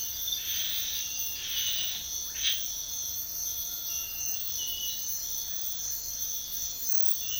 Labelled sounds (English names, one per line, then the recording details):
none
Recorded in secondary vegetation near Puerto Asís, Putumayo, Colombia, on 9 March 2025 at 06:00
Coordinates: 0.498, -76.327
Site G001